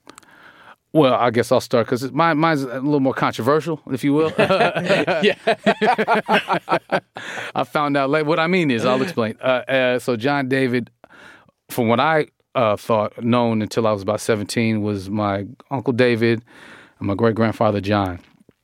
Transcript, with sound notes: Well, I guess I'll start because mine is a little more controversial, if you will.
Yeah.
(LAUGHTER)
I found out later. What I mean is - I'll explain. So John David, from what I thought, known until I was about 17, was my uncle David and my great-grandfather John.